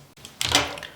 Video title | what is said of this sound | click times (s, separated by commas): NEW MOTOROLA R2 UNBOXING (2023) | Once the battery's clicked in, you want to turn the battery over and slide that across | 0.4 s